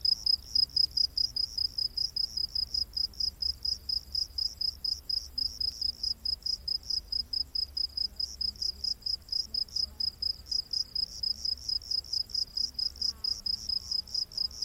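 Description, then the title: Cricket chirping, quick high-pitched pulses, several per second, running continuously in a brisk, regular beat. Rainforest at night. "Crickets of the Rainforest"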